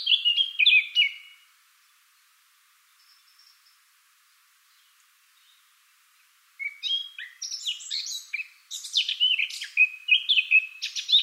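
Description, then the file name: Eurasian blackcap song: a short warbled phrase, several seconds of near silence with faint notes, then a long, lively burst of varied chattering notes. "Sylvia atricapilla"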